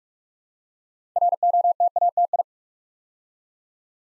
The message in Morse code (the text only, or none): ROTATI